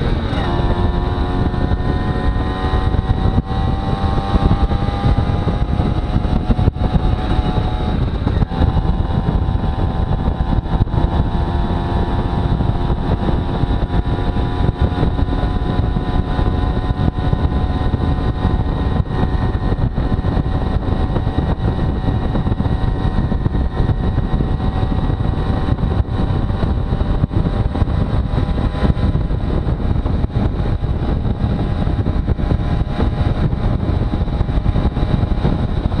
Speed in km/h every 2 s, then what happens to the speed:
33, 36, 37, 36, 37, 38, 40, 40, 40, 40, 42, 42, 44, 45, 45, 45, 45, 45.
0-36 speeds up to 45.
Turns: none.